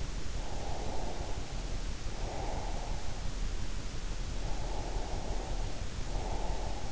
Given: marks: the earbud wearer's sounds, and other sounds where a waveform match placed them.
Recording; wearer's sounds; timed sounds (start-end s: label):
sounds in sleep by an in-ear microphone; breath
0.43-2.91 s: breath
4.41-6.92 s: breath